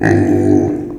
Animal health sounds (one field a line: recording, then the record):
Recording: squeal of a Yucatan mini pig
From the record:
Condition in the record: before surgery on the right vocal fold (resection and tissue-engineered implant)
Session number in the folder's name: 3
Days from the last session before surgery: 0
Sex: female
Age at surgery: 19 weeks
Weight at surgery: 25 kg